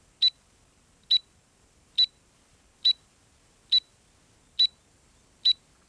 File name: Stumpffia kibomena